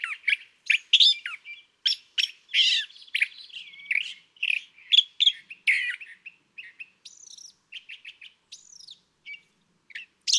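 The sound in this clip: California thrasher pouring out a varied song: scratchy chattered notes, rattling trills and clear whistles, changing from phrase to phrase over ten seconds.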